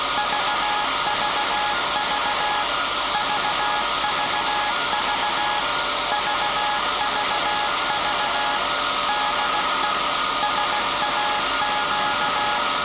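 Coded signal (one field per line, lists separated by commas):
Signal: Morse code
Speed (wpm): 16 wpm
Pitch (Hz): 840 Hz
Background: music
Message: VVV VVV VVV DE SAQ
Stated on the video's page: Live transmission of a message from SAQ Grimeton, the 1924 Alexanderson Alternator, at the World Heritage radio station.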